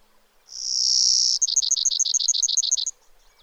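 Brewer's sparrow singing one thin, sustained buzz, followed by a fast, steady trill of repeated high, clipped notes lasting about one and a half seconds.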